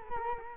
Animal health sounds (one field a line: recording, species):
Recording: mosquito wingbeat signal from an infrared sensor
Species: Culex quinquefasciatus